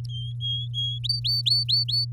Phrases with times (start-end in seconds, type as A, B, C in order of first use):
0.09-0.99 A, 1.04-2.05 B